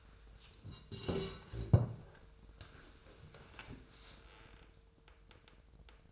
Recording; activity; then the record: daily activity, microphone in the room; sit down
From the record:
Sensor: 2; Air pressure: 1005.2 hPa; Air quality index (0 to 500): 100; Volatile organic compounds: 2 ppm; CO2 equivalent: 1210 ppm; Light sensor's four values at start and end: 8/18/7/7 and 7/17/7/7